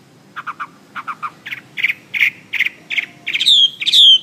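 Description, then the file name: Hwamei song opening with quick triplets of short chirping notes, then louder grouped notes building into sliding, drawn-out whistles at the end. "omkicau hwamey"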